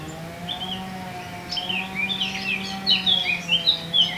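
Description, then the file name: Eurasian blackcap warbling, quick bright notes rising and falling in the second half, over a continuous low mechanical hum. "Sylvia atricapilla"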